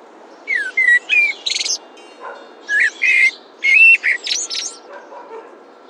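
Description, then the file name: Common blackbird singing: several phrases of fluted whistles followed by squeaky high twitters, over steady low background hum. "merle"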